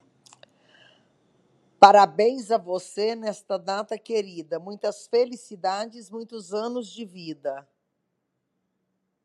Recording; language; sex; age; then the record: short text; Brazilian Portuguese; female; 50 to 59 years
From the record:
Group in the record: control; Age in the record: 58 years